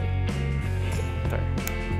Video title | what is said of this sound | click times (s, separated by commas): Insta360 One RS Mic Adapter - Action Camera Vlogging Setup | did you hear it snaps it's | 1.7 s